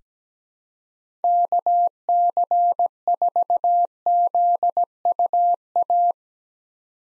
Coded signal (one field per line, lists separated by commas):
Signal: Morse code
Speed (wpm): 17 wpm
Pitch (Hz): 700 Hz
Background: none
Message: KC4ZUA